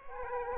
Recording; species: mosquito wingbeat signal from an infrared sensor; Aedes aegypti